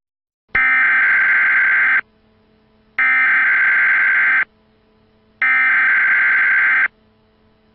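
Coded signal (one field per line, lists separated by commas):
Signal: Emergency Alert System (SAME) tones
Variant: header bursts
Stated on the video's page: Prank fake emergency broadcast alert for the Kansas City area, made to burn to DVD.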